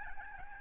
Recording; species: mosquito wingbeat signal from an infrared sensor; Aedes albopictus